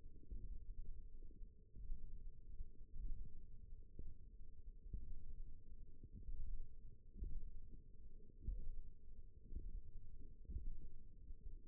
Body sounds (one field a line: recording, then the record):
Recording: forearm muscle sounds (acoustic myography)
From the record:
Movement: tripod grip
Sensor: system 1, eight BSWA MPA416 microphones around the upper forearm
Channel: 2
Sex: female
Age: 20 years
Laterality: right